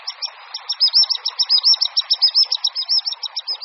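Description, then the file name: Common sandpiper calling in a hurried string of shrill, thin notes, repeated without pause over steady background noise. "Pisík-obecný"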